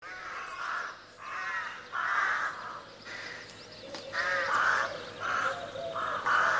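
Crow caws in several harsh, raspy bursts, fairly evenly spaced.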